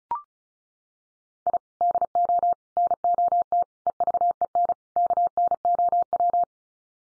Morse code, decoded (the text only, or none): I DO NOT EVEN KNOW